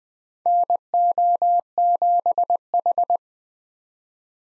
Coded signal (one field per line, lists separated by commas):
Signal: Morse code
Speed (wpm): 20 wpm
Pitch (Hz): 700 Hz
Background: none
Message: NO7H